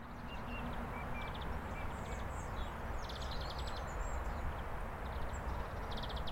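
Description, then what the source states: Greenfinch song: faint high staccato trills and short buzzy notes scattered throughout over a steady low rumble. Several greenfinches singing in spring; song described as staccato and wheezy; species of conservation concern after a dramatic population decline.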